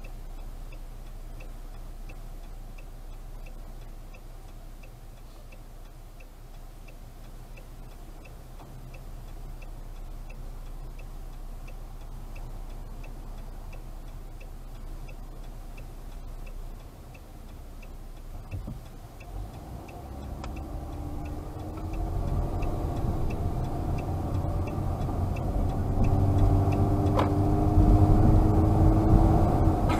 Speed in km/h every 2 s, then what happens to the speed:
5, 5, 5, 5, 5, 5, 5, 5, 5, 5, 5, 16, 22, 28, 35.
0-20 steady at about 5. 20-30 speeds up to 35.